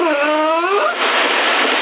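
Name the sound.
dog whining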